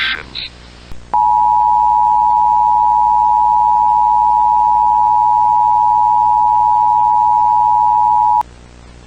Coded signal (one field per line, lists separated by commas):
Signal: Emergency Alert System (SAME) tones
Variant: 853 and 960 Hz attention tone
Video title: EAS Scenario: The 7 Broken Universes [FULL] [7K SUBS SPECIAL]